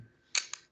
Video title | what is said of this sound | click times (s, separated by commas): #CSEdWeek Code Jumper Lesson 1: Algorithms | Oh okay, so I heard that click. | 0.5 s